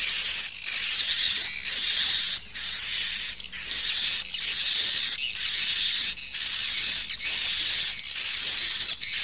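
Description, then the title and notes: Continuous shrill swiftlet twittering, squeaky chirps stacked over rhythmic bursts that come about every second. Swiftlet calls used in swiftlet bird farming in Asia. "Swiflet Bird Sound. Farming Swiflet Bird asia sound"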